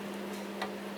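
A click-type torque wrench tightens a nut until it clicks at its setting, with the click heard at 0.6 s as a short sharp tick over a steady low hum. The wrench is meant to click twice, and a cordless ratchet is then used to try loosening the nut. A loud broadband burst begins near 1.0 s and runs to the end.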